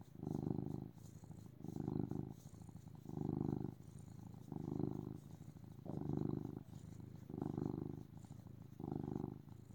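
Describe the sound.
Cat purring in slow, regular pulses, each low rumble rising and easing off roughly every one and a half seconds, over a low steady background.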